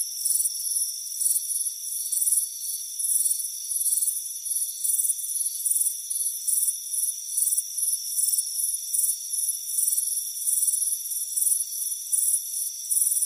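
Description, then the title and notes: Crickets chirping in a dense high-pitched chorus, pulsed trills overlapping irregularly about three times a second over steady high tones. Crickets chirping on a warm afternoon, front porch. "Soothing Crickets Chirping Sound. It's a warm afternoon as you relax in a hammock on the front porch. Relax and fall asleep to the soothing sound of chirping crickets. Deep Sleep Sounds"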